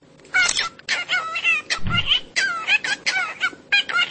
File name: cockatiel